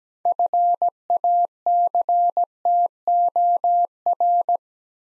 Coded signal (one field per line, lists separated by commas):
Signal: Morse code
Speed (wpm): 17 wpm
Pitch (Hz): 700 Hz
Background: none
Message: FACTOR